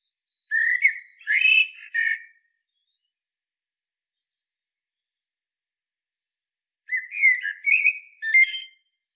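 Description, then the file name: Common blackbird singing two loud, fluty phrases, each with several warbled notes, separated by a few seconds of quiet. "Turdus merula"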